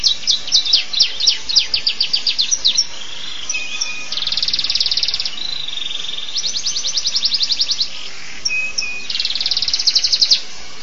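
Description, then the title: Canary song: fast trilled phrases alternating with long buzzy high rolls and short whistled notes, varied sections following one another. Champion canary. "Kicau Burung Kenari Juara"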